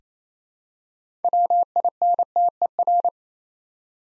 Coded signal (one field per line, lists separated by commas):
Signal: Morse code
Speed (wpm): 27 wpm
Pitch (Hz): 700 Hz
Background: none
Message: WINTER